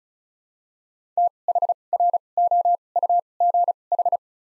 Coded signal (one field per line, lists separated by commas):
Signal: Morse code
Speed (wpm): 36 wpm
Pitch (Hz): 700 Hz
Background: none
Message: T H R O U G H